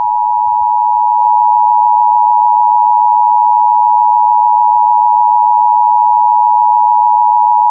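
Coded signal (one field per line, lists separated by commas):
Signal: Emergency Alert System (SAME) tones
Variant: 853 and 960 Hz attention tone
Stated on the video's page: Fictional EAS scenario tones in an alternate-history nuclear war invasion story; a simulated alert, not real.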